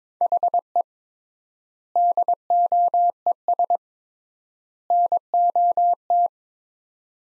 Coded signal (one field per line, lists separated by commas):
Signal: Morse code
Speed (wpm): 22 wpm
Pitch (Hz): 700 Hz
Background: none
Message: HE DOES NOT